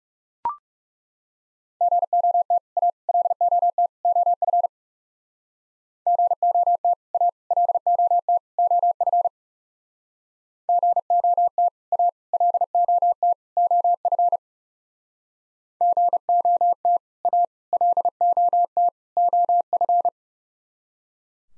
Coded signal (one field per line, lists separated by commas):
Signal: Morse code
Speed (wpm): 36 wpm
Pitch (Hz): 700 Hz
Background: none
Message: GOT A LOT OF GOT A LOT OF GOT A LOT OF GOT A LOT OF